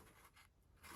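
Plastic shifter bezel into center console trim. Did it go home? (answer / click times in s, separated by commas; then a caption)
no / none. A modified plastic 8-speed shifter bezel for a Jeep JK Hemi swap is handled and pushed down into the center console trim, making soft scraping and rubbing sounds, with a louder scrape near the end. Nothing has seated or clicked yet.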